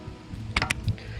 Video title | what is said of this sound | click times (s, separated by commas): Qualisports Dolphin Folding Electric E-Bike Review | and they lock into place | 0.6 s, 0.7 s